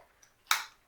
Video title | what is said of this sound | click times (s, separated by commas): HOW TO USE NAVAGE SALINE NASAL IRRIGATOR l Demo & Review | But anyway, it snapped into place. | 0.5 s